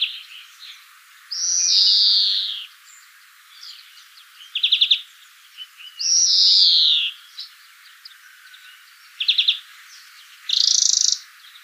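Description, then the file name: European greenfinch giving three long, nasal, buzzy wheezes alternating with short rapid trilled bursts, over faint background hiss. "Chloris chloris"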